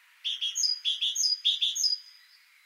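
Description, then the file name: Great tit song: a short series of bright, high phrases, each mixing lower and higher notes, repeated a few times in under two seconds, clean background. "Parus major"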